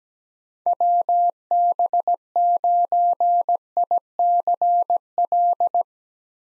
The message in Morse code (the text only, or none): WB9ICL